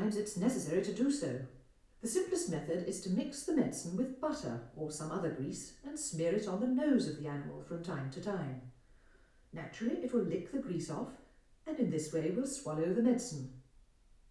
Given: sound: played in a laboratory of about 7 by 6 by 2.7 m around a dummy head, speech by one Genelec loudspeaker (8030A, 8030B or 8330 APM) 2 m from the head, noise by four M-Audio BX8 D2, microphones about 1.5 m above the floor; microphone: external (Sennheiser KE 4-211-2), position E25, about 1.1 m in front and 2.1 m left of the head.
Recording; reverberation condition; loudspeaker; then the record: female speech in English; medium; behind (180 degrees)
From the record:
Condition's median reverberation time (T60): about 510 ms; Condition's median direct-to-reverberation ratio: about -0.5 dB